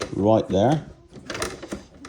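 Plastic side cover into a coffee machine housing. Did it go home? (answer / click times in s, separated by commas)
yes / 2.1 s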